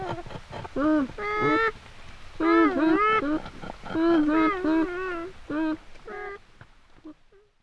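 Beaver whining calls, a series of nasal, wavering cries with a rising and falling pitch, given in short bursts with pauses between them.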